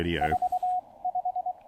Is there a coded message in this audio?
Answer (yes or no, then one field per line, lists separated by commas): yes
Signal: Morse code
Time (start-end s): 0.2-1.5 s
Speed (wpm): 22 wpm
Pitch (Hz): 690 Hz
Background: speech, radio noise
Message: 4 5